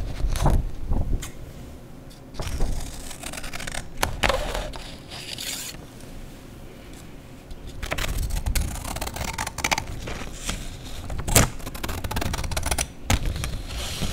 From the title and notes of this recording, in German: Scheren- und Schneidesounds. In dieser Folge zerschneide und zerreiße/knülle ich Papier.